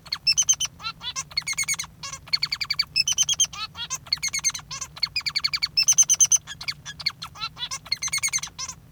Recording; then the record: song of a male Bengalese finch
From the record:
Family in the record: father 3